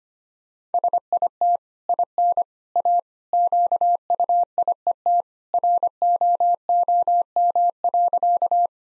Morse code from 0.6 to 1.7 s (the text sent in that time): SIT